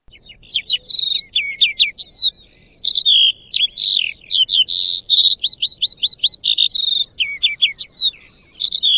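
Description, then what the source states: Eurasian skylark pouring out fast, high warbling, mixing quick runs of short notes, slurred whistles and chattering notes. Male bird.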